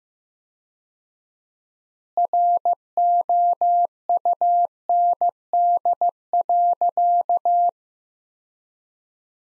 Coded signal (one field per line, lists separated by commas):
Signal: Morse code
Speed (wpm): 15 wpm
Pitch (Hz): 700 Hz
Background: none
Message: ROUND.